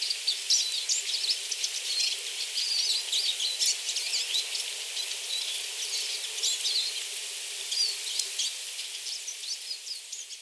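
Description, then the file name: Eurasian siskin twittering: a steady stream of high, thin chirps and short squeaky notes. Recorded at Tatsuno, Japan, on 18 March 2024. "mahiwa tatsuno kuroda"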